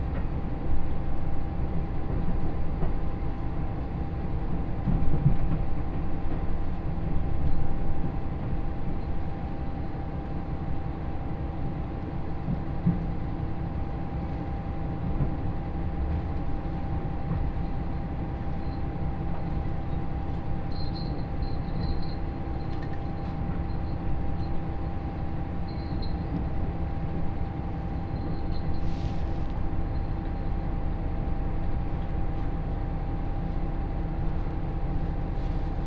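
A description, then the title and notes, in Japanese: The Yosan Line limited express Uwakai No. 5 runs between Iyo-Ozu and Uwajima with a steady, heavy low rumble that barely changes for the whole stretch. A thin constant whine sits above it, with faint high squeaks around 21–26 seconds and a brief sharper sound near 29 seconds. 予讃線特急宇和海5号 伊予大洲→宇和島。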